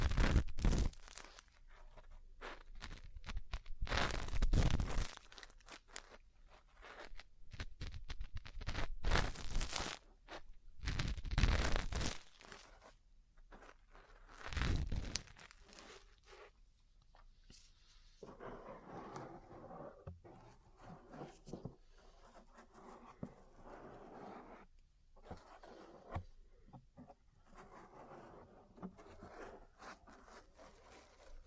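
Ear cleaning and massage sounds: crunchy, scratchy rubbing in dense bursts, with loud bright scrapes around 0, 4, 9–12 and 15 seconds. After about 18 seconds the sound turns softer and muffled, a steady rustling with short gaps and light taps.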